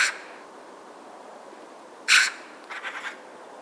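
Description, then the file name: Eurasian magpie giving harsh, rasping chak calls: one at the start, another near two seconds, then a short stuttering rattle of three or four notes. "Pica pica"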